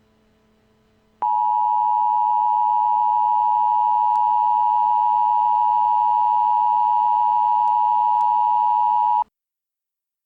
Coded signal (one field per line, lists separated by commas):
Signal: Emergency Alert System (SAME) tones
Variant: 853 and 960 Hz attention tone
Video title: 3 Days - An EAS Scenario